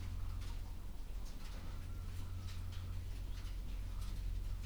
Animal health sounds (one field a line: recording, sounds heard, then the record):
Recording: poultry house recording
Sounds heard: healthy chickens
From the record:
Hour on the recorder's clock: 11